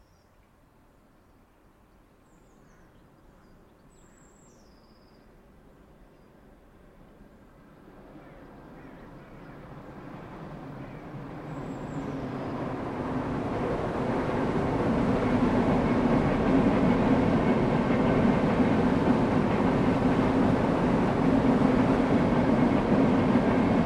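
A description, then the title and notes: An old-fashioned locomotive draws closer, swelling from a faint low rumble into a loud, dense roar that levels off after about fifteen seconds. A few thin bird chirps come early on, and the later sound is a thick, steady rush over a low rolling hum. The rhythmic chugging of old-fashioned locomotives and the resonant echoes of steam-powered engines. Old-Fashioned Locomotive Ambiance.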